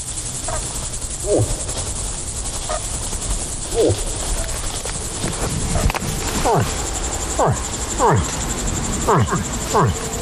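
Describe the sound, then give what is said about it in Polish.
A man's voice imitates a moose's grunting call to communicate with moose: short, low, downward-sliding groans, spaced apart at first and then coming in a quicker series, over a steady hiss of background noise. “To jak się udaje łosia, to właśnie stęka.”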